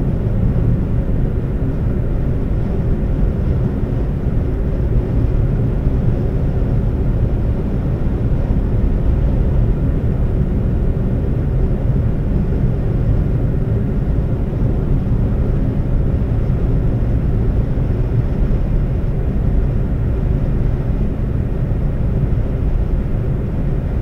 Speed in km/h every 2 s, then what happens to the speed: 127, 129, 129, 129, 129, 130, 130, 130, 130, 130, 130, 130.
0-24 steady at about 130.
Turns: none.